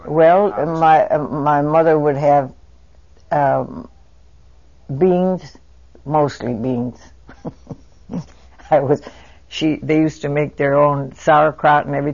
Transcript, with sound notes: Well, my mother would have beans, mostly beans. ( she laughs ) I was, she, they used to make their own sauerkraut and everything.